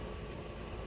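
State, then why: Not seated. The straight plug of a BlackVue DR650S-2CH-IR rear camera cable is being pushed into the small rear dash cam unit, which is hard to get in. Only a steady broadband hiss with low rumble is heard, with no distinct transients. Nothing has seated or clicked yet.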